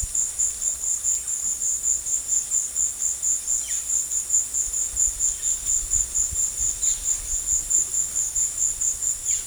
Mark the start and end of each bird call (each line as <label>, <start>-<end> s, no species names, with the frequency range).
bird call (1.5-5.6 kHz), 3.50-3.88 s
bird call (1.9-5.4 kHz), 6.77-7.02 s